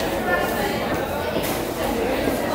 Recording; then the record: background sound without coughing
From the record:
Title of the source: 40 min - Ambience sounds UNIVERSITY lunchroom chatting